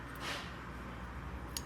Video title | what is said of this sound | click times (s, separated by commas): SECADOR DE CABELO TAIFF FAZENDO BARULHO, TRAVANDO E CHEIRANDO QUEIMADO! | não tem muito lado certo tá mas é às vezes a gente Vira já encaixa ó encaixou | 1.6 s